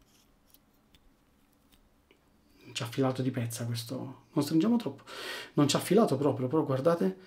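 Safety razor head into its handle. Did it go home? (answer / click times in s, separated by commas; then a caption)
no / none. A metal head is screwed onto a Fatip Lo Storto safety razor handle, with the thread not tightened too much. Faint small ticks from the threads turning appear around 0.5 to 2.1 seconds, and then someone talks from about 2.7 seconds. No click is heard, and the head has not clicked into place.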